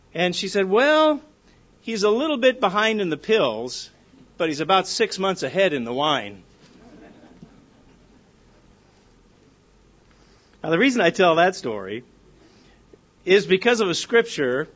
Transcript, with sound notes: And, she said, "Well, he's a little bit behind in the pills but he's about six months ahead in the wine." (Laughter) Now the reason I tell that story is because of a scripture